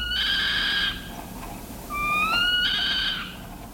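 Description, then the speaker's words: Northern Saw-whet Owl meow calls: a steady, high nasal note with strong harmonics, then a clear rising whistle that runs into a second steady meow, over faint background hiss. Meow call given when agitated or threatened; high-pitched and decidedly uncanny. "When agitated or threatened, the saw-whet gives what ornithologists describe as a decidedly uncanny, high-pitched meow."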